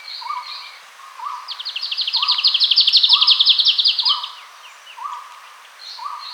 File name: Hume's treecreeper